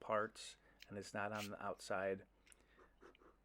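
Two plastic slider cover halves are lined up around the wire on the headband slider of Sony WH-XB910N headphones, ready to be pressed together. Someone talks for the first two seconds, then faint handling ticks are heard around 2.5 s and 3.2 s. Nothing has snapped or clicked into place yet.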